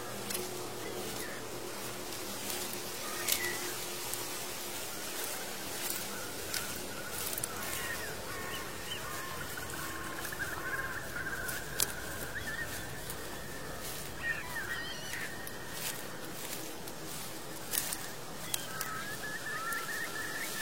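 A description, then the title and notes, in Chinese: Horse hooves and rustling leaves on an old road, with far-off mountain birds and a temple bell. A steady rustle runs throughout, broken by frequent sharp clicks and taps. Low ringing tones fade early, and drawn-out high bird calls recur. 秋天古道夕阳下的马蹄声、落叶声、远处的深山鸟鸣和古寺钟声。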